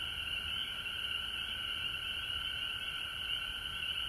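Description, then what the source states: Frog chorus, a shrill continuous mass of trilling calls with a steady lower tone running underneath throughout. Frogs recorded at home in Georgia on March 19, 2020.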